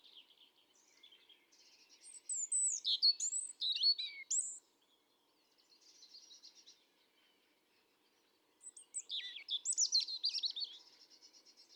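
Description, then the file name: European robin song: a wandering phrase of high, liquid notes with squeaky slides, a soft faint trill, then a pause before a second similar phrase. "Erithacus rubecula 310717"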